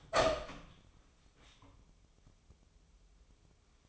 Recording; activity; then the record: daily activity, microphone in the room; open door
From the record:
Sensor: 1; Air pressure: 1005.0 hPa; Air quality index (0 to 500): 92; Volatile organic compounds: 2 ppm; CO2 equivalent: 1261 ppm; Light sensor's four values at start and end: 10/25/10/11 and 10/25/10/11